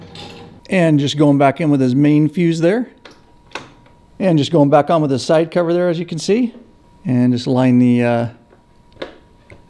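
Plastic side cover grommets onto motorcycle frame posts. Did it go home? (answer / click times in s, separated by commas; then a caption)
no / none. Someone talks while a plastic side cover is pushed back onto a motorcycle (a Harley), its rubber grommets being lined up on the frame posts after the main fuse goes back in. A few brief handling knocks and taps are heard between the speech, but the clip ends before the cover goes home, and nothing has seated or popped into place yet.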